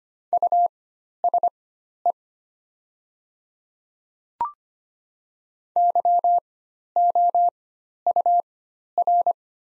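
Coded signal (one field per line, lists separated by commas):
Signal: Morse code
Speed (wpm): 25 wpm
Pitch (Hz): 700 Hz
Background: none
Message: USE YOUR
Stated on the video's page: Morse practice set of the top 100 words at 25 wpm with Farnsworth timing at four-times character spacing.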